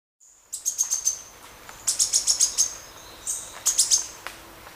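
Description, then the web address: Red-faced spinetail giving high, thin chip notes in quick bursts of four to six, separated by short pauses, over a faint hiss. Ecuador. "Birds of Ecuador. Red-faced Spinetail"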